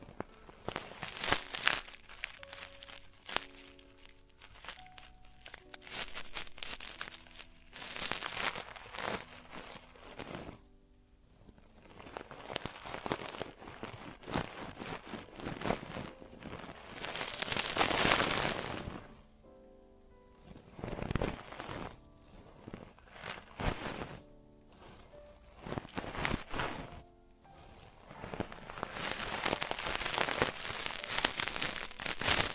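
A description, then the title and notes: Traditional Chinese ear cleaning and earwax removal, heard as dense bursts of scratching, crinkling and rustling that come in quick clusters throughout. Brief pauses fall near 10, 20 and 27 seconds, and short tonal rings and faint murmuring sit beneath the scraping. Traditional Chinese Ear Cleaning and Earwax Removal.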